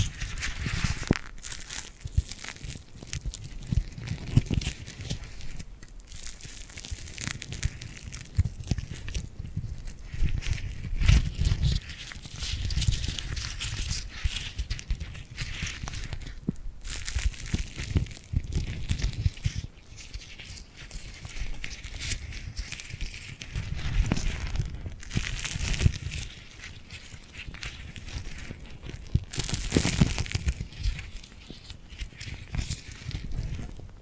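Tingly glued hand sounds: sticky palms and fingers pulling apart in a dense, irregular stream of crackles, peels and crinkly snaps. The texture stays busy for the whole stretch, with soft low thumps under bright, sharp ticks and brief louder bursts near 11, 25 and 30 seconds.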